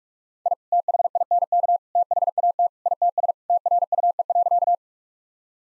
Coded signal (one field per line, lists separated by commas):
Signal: Morse code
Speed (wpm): 44 wpm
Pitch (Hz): 700 Hz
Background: none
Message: I THINK THAT ITS TRUE.